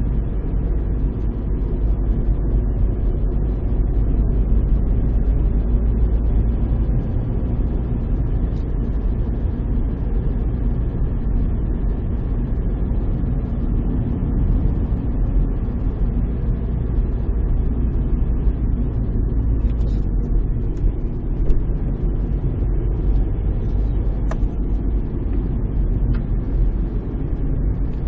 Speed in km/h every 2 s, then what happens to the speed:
39, 38, 38, 42, 44, 44, 46, 44, 44, 39, 37, 38, 36, 35.
0-13 steady at about 42. 13-19 slows to 37. 19-28 steady at about 36.